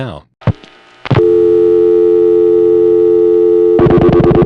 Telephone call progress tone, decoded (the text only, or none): dial tone